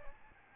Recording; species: mosquito wingbeat signal from an infrared sensor; Aedes albopictus